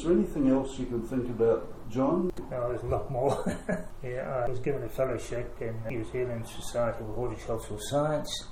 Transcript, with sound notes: Is there anything else you can think about, John? Oh, there’s a lot more. [Chuckle] Yeah, I was given a fellowship in New Zealand Society of Horticultural Science;